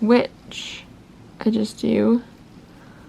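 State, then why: Not seated. Someone talks while a plastic safety-eye backing washer is handled for pressing onto the eye's post through the fabric of a crocheted amigurumi bat. Only brief soft handling rustles are heard between the words, and the clip ends before the back snaps on, so nothing has seated or clicked yet.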